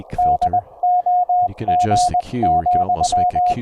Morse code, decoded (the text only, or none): DOG,